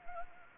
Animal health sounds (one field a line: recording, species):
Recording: mosquito wingbeat signal from an infrared sensor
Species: Anopheles arabiensis